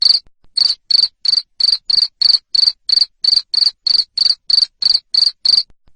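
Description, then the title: Loud cricket chirps, each a short shrill buzz, following one another about three times a second with little else heard. Loud chirping cricket (jangkrik ngerik) sound used to stimulate lovebirds to sing (ngekek) continuously. "Suara JANGKRIK NGERIK Keras Bikin LOVEBIRD Jadi NGEKEK Terus"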